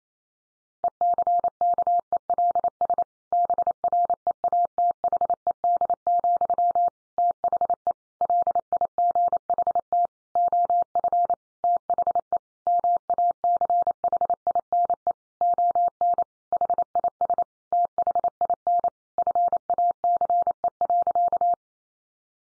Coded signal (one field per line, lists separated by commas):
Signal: Morse code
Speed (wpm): 28 wpm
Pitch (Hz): 700 Hz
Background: none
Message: ECKELS BREATHED, THE LIGHT OF THE MACHINE ON HIS THIN FACE.